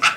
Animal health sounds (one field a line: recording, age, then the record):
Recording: pig call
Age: piglet (1 to 25 days)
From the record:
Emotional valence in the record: positive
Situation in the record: before nursing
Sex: female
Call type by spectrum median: low-frequency call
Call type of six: low-frequency tonal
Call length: 0.17 s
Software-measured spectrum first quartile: 1415 Hz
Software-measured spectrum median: 2198 Hz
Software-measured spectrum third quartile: 3056 Hz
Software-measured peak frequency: 1326 Hz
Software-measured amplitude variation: 160 dB a second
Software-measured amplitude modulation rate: 14.6 a second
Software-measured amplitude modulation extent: 10.9 dB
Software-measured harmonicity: 2.0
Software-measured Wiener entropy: -1.35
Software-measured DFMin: 601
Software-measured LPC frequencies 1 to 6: 1371, 2283, 2705, 3511, 4794, 5504 Hz